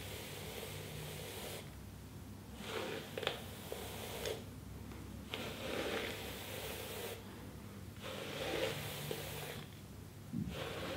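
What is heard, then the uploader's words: Lotion sounds: bursts of soft, wet, squishy rubbing alternate with brief quieter pauses, each stroke lasting about two seconds. A few small clicks and taps land within the rubbing, and a low, steady hum runs underneath throughout. Lotion Sounds, Hair Brushing, Cottons, Tapping.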